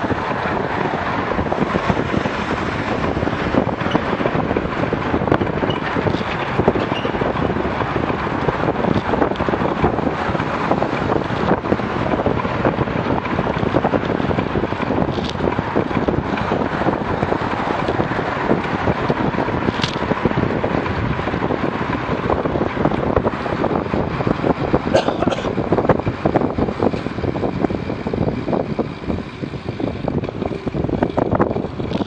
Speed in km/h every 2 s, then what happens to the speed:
24, 25, 26, 25, 26, 26, 26, 26, 26, 28, 29, 27, 23, 19, 22, 25.
0-21 steady at about 26. 21-27 slows to 19. 27-32 speeds up to 25.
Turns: none.